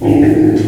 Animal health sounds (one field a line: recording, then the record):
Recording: squeal of a Yucatan mini pig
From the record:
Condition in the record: before surgery on the right vocal fold (resection and tissue-engineered implant)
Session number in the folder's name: 2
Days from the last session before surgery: -15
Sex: female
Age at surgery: 19 weeks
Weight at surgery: 25 kg